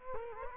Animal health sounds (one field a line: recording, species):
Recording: mosquito wingbeat signal from an infrared sensor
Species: Culex quinquefasciatus